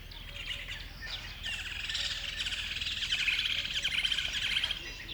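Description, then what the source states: Bird dawn chorus: dense, layered high chirping and trilling from many birds, building in intensity. Birds at dawn on a river bed.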